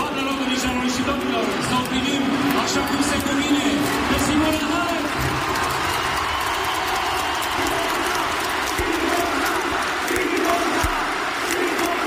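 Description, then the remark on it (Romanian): A stadium crowd of about 20,000 at the Arena Națională in Bucharest, in fine weather, cheers tennis player Simona Halep presenting her Roland Garros trophy: a steady, dense roar of voices that stays loud for about twelve seconds, with scattered shouts rising briefly out of the din. “Simona Halep a fost ovaționată în tribunele Arenei Naționale de circa 20.000 de oameni care au profitat de vremea frumoasă și de accesul gratuit pe cel mai mare stadion al țării pentru a o vedea pe campioana de la Roland Garros prezentându-și trofeul”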